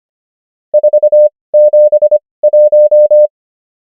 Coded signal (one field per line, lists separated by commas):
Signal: Morse code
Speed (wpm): 25 wpm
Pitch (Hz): 600 Hz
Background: none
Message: 4 7 1